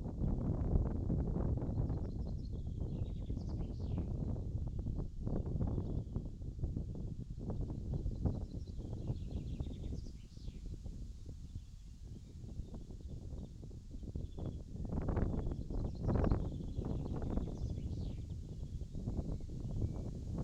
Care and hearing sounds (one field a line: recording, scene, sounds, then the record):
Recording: everyday scene through a hearing-aid microphone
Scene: wind on the microphone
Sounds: wind, birds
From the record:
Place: in front of a rural house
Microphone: in the ear canal, left